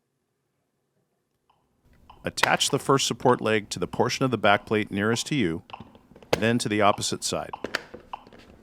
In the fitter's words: verify a firm connection by listening for the audible click and by pulling up slightly